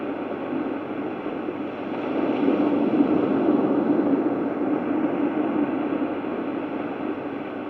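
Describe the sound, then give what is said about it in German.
Waves crash against the rocks below a terrace in a steady, rushing roar of surf that swells louder partway through, then settles into a continuous wash of churning water with no voices. “Drittens, die gegen die Felsen brandenden Wellen unterhalb der Terrasse.”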